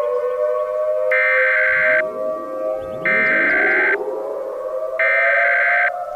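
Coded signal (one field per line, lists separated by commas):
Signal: Emergency Alert System (SAME) tones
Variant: header bursts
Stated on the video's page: Fictional EAS scenario; voice made with text-to-speech software (Balabolka, SAPI5 Tom).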